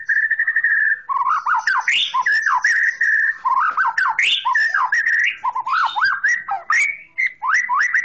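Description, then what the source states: Oriental magpie-robin song, a loud continuous run of varied whistled notes, slurred rising and falling phrases and harsh chattering squawks mixed in without pause. Long-duration chirping recording, over an hour long.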